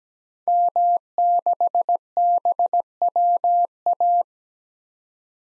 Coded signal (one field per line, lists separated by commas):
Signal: Morse code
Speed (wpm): 17 wpm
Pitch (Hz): 700 Hz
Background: none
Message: M6BWA